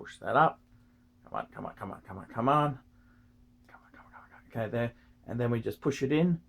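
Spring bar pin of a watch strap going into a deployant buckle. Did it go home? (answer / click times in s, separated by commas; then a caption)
no / none. Someone talks while fitting a watch strap end into a new Patek deployant buckle, pushing the strap's spring bar pin up and then in. No click is heard, and the spring bar has not yet seated in the buckle.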